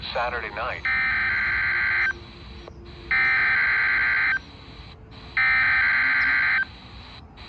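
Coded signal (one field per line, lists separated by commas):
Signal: Emergency Alert System (SAME) tones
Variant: header bursts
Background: speech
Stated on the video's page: Required Weekly Test from a NOAA weather radio transmitter.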